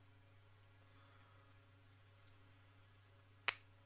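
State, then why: Seated. A plastic part of a transforming robot toy is swung around during transformation until it locks into position. Under a steady low hum, a single sharp snap sounds at 3.5 seconds as the part seats into its locked place.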